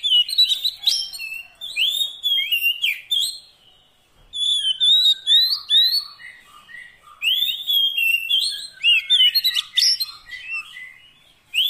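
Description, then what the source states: Oriental magpie-robin song: bright whistled phrases and quick notes in several bursts, with a soft repeated lower note in between. Fill-in (isian) training song meant to make a bird sing constantly (gacor) day and night.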